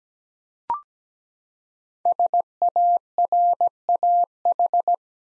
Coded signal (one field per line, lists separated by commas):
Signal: Morse code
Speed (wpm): 17 wpm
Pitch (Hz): 700 Hz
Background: none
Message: SARAH